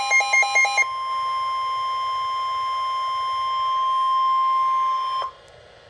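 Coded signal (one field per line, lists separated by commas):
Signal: Emergency Alert System (SAME) tones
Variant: 1050 Hz attention tone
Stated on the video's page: EAS tones for a flash flood watch and severe thunderstorm warning; the alert failed.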